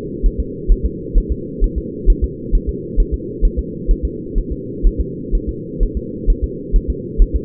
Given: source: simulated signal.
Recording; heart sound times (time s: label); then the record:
fetal heart sounds
0.26 s: S1
0.40 s: S2
0.72 s: S1
0.86 s: S2
1.18 s: S1
1.32 s: S2
1.64 s: S1
1.78 s: S2
2.10 s: S1
2.24 s: S2
2.55 s: S1
2.69 s: S2
3.00 s: S1
3.14 s: S2
3.45 s: S1
3.59 s: S2
3.91 s: S1
4.05 s: S2
4.38 s: S1
4.52 s: S2
4.87 s: S1
5.00 s: S2
5.35 s: S1
5.49 s: S2
5.83 s: S1
5.97 s: S2
6.30 s: S1
6.44 s: S2
6.76 s: S1
6.90 s: S2
7.22 s: S1
7.36 s: S2
From the record:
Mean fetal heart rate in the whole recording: 130 bpm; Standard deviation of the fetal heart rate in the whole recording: 4 bpm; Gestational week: 38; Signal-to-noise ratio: -4.1 dB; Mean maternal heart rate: no maternal heart sound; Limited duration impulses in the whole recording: absent